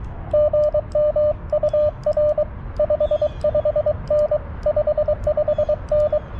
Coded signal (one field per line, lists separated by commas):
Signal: Morse code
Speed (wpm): 22 wpm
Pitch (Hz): 600 Hz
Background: radio noise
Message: GM UR 55N 55N